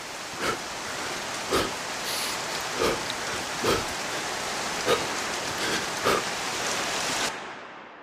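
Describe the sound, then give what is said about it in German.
Steady rain hisses as a constant wash of noise, broken by a series of sharper splashes and thumps at irregular intervals, about seven in all, before it cuts off abruptly. “Der Regen kitzelt an Jonathans Nase und auf Jonathans Armen und klatscht gegen Jonathans Beine.”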